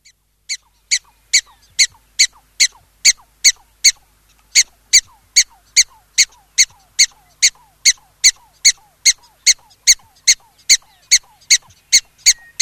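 Black-tailed prairie dog uttering a steady stream of sharp, yelping chirps, about two and a half per second, after a short gap early on.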